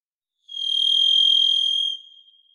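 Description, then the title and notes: Varied thrush song: one long, steady whistled note held about one and a half seconds at a single pitch, then a soft fading tail; nothing else audible. Song in the Pacific Northwest, Washington, United States; parabolic single-species recording, processed for clarity with natural pace and rhythm kept. "Varied Thrush, clean. Varied Thrush, Ixoreus naevius, song. Recorded in the beautiful Pacific Northwest, Washington, United States"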